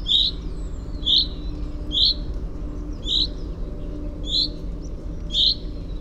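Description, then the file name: Common chaffinch calling with six crisp, brief notes spaced about a second apart, over a faint steady low drone. "Fringilla coelebs"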